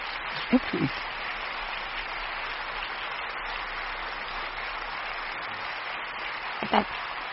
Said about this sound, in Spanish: ¿No le dan un aplauso a Dios?